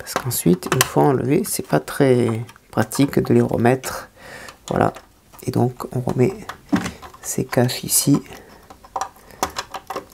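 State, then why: Seated. Small plastic covers are refitted on the left and right of a 1/8 scale Lotus Renault 97T model car chassis while someone talks. The covers clip in with sharp clicks at 9.0 s and 9.4 s and are seated, followed by a few lighter handling taps.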